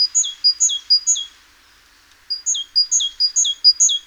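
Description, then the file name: Great tit calling: rapid series of high, thin two-part notes, a sharp upper note dropping to a lower one, in two quick bursts separated by a brief pause. "Parus major"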